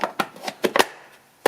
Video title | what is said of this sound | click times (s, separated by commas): Remplacement Fusible prechauffage Toyota | jusqu'au clic. | 1.5 s